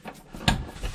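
A white cable plug is pushed into its matching socket on an Elevated Health unit being assembled. A single sharp, short click at 0.5 s marks the plug seating, with quieter handling sounds around it.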